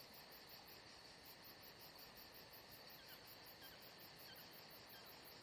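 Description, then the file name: Crickets pulse rapidly and evenly at a high pitch over soft background hiss. Crickets atmosphere at Saint-Jean-de-Luz. "Saint Jean De Luz Crickets Atmosphere Only Paul Parker Sven Jungbeck"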